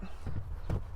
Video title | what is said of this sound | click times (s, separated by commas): 2020 Honda Pilot EX Walkaround - Standard Features | a little visual says you see snaps right in now | 0.7 s